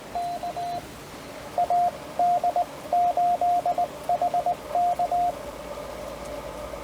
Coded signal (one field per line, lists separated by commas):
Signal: Morse code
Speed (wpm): 18 wpm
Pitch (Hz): 700 Hz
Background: radio noise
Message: K AD8HK